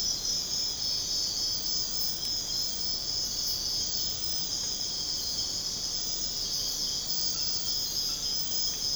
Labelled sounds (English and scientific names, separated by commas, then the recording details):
none
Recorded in secondary vegetation near Puerto Asís, Putumayo, Colombia, on 13 March 2025 at 04:00
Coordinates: 0.485, -76.322
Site G040